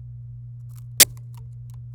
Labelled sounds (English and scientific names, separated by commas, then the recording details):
Domestic Canary (Serinus canaria) song
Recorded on 27 April 2018 at 07:33
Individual llb3